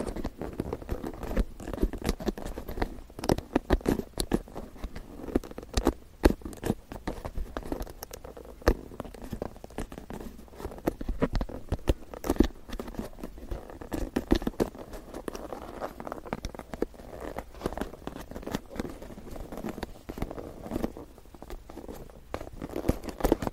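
A wooden comb makes rapid scratchy clicks and taps that patter on unevenly for the whole stretch, with a dry, woody tone.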